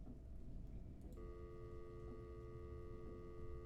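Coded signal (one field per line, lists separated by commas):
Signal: telephone call progress tone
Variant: North America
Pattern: dial tone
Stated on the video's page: From a horror game made in one week for a game jam.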